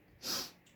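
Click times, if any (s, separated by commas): none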